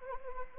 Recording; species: mosquito wingbeat signal from an infrared sensor; Anopheles arabiensis